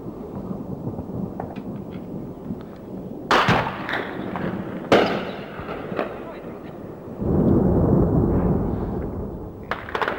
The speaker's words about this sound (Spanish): Siguen las explosiones en el aeropuerto que podrían ser originadas, además de las bombas, por los combustibles que explotan.